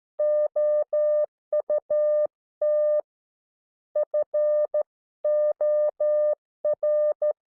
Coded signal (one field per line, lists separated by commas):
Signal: Morse code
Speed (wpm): 12 wpm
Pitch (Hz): 600 Hz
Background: none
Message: OUT FOR